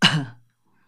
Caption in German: Fang einmal mit den natürlichen Funktionen des Körpers an. Zu husten.